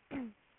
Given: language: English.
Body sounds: throat vibration sensor signal played as sound; throat clearing

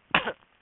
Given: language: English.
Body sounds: throat vibration sensor signal played as sound; cough

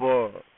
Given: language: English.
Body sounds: throat vibration sensor signal played as sound; speech

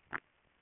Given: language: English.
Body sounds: throat vibration sensor signal played as sound; swallow

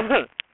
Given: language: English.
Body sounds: throat vibration sensor signal played as sound; cough

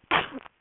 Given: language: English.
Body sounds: throat vibration sensor signal played as sound; cough

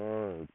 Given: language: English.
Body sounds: throat vibration sensor signal played as sound; speech

